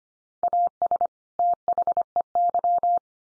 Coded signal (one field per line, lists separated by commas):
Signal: Morse code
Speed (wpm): 25 wpm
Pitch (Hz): 700 Hz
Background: none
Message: AS THEY